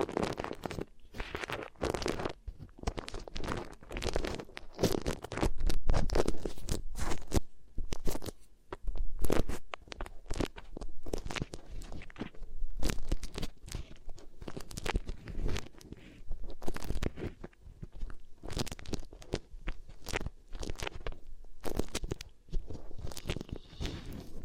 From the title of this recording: Really Nice Beeswax Ear Triggers